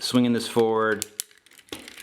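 Someone talks while a hinged plastic panel on an MP-33 Masterpiece Inferno transforming robot figure is swung forward toward the slot in its side. A few faint handling ticks and light plastic contact sounds follow after the talking. The panel has not seated or clicked into the side lock yet.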